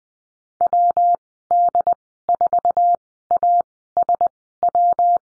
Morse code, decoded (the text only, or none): WD4ASW